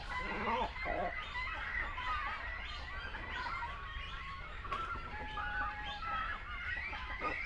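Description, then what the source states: Great cormorant colony chorus of rough, croaking calls mixed with thin, high squealing notes, with a steady low rumble beneath. Continental great cormorant at a colony.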